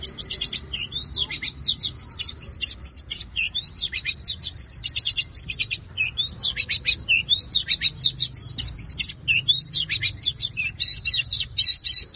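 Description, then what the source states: Long-tailed shrike song, a rapid run of high, thin chirps and twisting whistled slurs, repeated in dense phrases with barely a pause throughout. Combination song style (kombinasi).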